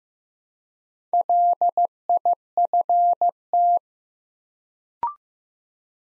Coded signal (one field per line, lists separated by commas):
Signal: Morse code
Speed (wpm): 15 wpm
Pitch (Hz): 700 Hz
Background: none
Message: LIFT